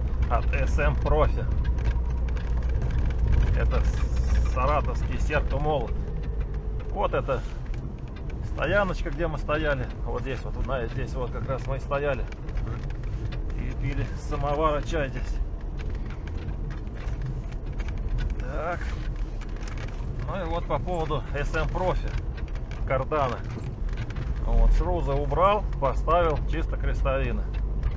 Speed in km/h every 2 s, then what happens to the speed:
20, 21, 20, 19, 19, 17, 12, 12, 13, 12, 13, 13, 12, 11.
0-9 steady at about 20. 9-12 slows to 12. 12-28 steady at about 12.